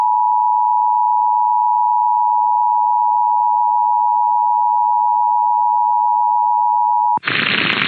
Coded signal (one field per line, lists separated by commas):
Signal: Emergency Alert System (SAME) tones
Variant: 853 and 960 Hz attention tone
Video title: Sacramento Required Monthly Test (EAS #897-904) 1/6/25